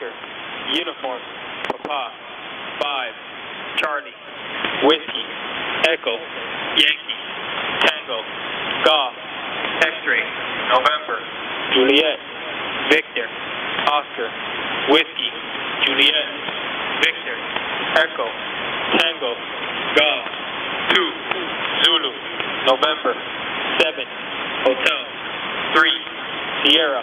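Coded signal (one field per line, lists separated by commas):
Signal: coded military voice message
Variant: USAF HFGCS EAM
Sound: male voice reading phonetic alphabet letters and digits over shortwave, steady pacing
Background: radio static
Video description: Mainsail with 41 Ch EAM Emergency Action message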